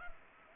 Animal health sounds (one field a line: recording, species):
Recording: mosquito wingbeat signal from an infrared sensor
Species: Culex pipiens